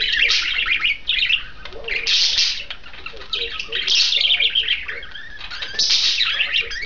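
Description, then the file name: Budgerigar chatter in several loud bursts of harsh notes, with softer scratchy warbling between them. A pair of budgerigars. "suara pasangan parkit. omkicau"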